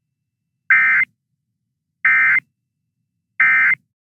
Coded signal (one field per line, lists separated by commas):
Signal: Emergency Alert System (SAME) tones